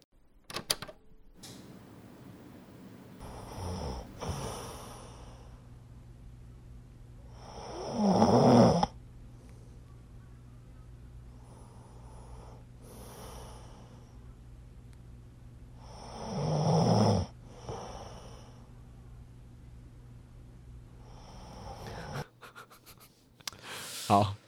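Snoring of a sleeping adult man, a university classmate dozing on a sofa in a department classroom. Loud, rough snores rise and fall in separate episodes, with quiet breathing between them.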